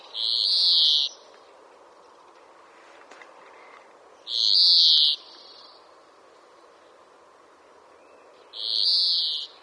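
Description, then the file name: European greenfinch wheezes: three long, nasal, buzzy notes, each about a second long, repeated roughly every four seconds. "Chloris chloris"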